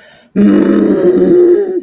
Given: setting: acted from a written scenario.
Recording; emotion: vocal sound without words; anger